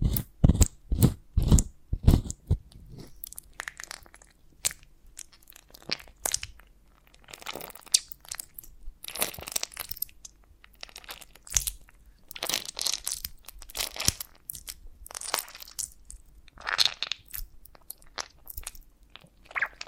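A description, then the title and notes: Honeycomb on a branch being bitten and chewed, with sharp crunches clustered in the first seconds, then irregular sticky crackles and wet munching throughout. ASMR of a Honeycomb on Branch (No Talking).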